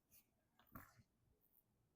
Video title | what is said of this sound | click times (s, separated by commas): Opel Corsa E - Low Beam Defect - Easy Fix Guide | Okay, so I clicked it in | 0.8 s